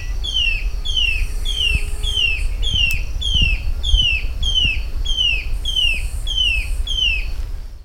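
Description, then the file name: Crescent-chested puffbird giving a long, steady series of high, downslurred whistles, with low rumble beneath. Recorded at Guaraú, Peruíbe, São Paulo, Brazil, 11-12-08. "Malacoptila-striata-Guarau-Peruibe SP-Brazil-11-12-08-ASilveira"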